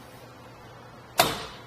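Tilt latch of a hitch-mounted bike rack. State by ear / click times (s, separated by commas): seated / 1.2 s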